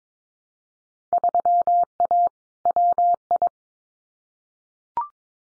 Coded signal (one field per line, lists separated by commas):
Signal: Morse code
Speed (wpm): 22 wpm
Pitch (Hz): 700 Hz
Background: none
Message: 3A WI